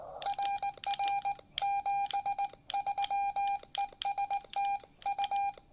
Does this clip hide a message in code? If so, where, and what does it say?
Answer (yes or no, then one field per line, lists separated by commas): yes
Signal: Morse code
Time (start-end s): 0.3-5.5 s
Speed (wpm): 18 wpm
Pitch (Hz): 800 Hz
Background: none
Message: RR 73 ES TU